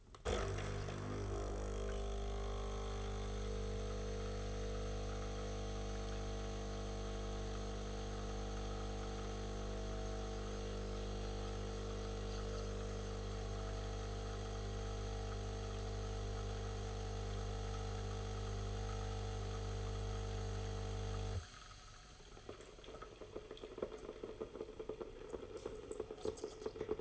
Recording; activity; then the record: daily activity, microphone in the room; make coffee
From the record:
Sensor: 4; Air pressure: 991.6 hPa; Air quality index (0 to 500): 137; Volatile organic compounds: 55 ppm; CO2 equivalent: 3356 ppm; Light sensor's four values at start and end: 15/49/18/18 and 17/54/20/20